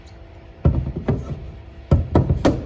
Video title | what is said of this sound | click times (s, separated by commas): 2024 INTECH TERRA WILLOW STK # 13636 | they lock into place and you have yourself a nice little countertop just be mindful of how much weight you do put on there | 0.7 s, 1.1 s, 2.2 s